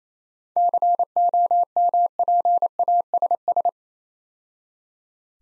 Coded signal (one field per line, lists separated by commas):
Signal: Morse code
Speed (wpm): 29 wpm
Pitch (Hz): 700 Hz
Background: none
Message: COMPASS